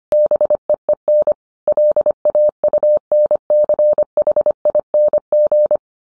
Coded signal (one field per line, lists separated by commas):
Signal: Morse code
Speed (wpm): 25 wpm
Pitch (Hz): 600 Hz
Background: none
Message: BEEN LAUNCHING